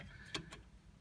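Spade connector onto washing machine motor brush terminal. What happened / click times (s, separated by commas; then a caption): The connector is being handled and has not yet seated / none. A metal spade connector is handled at the brush terminal of a Bosch Classixx 6 Varioperfect washing machine motor, while the new carbon brush holder is held with a screwdriver; needle nose pliers may help. Faint handling ticks and a sharper tap near 0.4 s are heard over low background noise. Nothing has seated or clicked yet.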